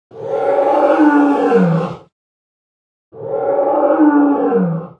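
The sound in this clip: Lion roar: two matching harsh, rasping roars of about two seconds each, each sliding downward at the end, separated by a second of silence.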